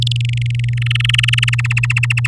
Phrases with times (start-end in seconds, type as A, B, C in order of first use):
0.02-0.12 A, 0.16-0.74 B, 0.77-1.50 C, 1.52-2.28 D